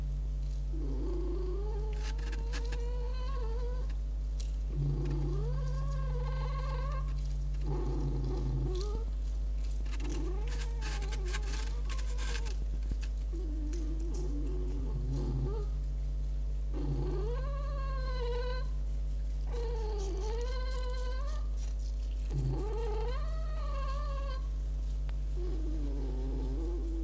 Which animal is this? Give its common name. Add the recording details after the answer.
Red Fox. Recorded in captivity. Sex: male. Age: adult. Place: Zoologisches Institut der HUB, Berlin, DE. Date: 1956-02-10 20:00. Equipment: Elmetra. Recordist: Tembrock, Günter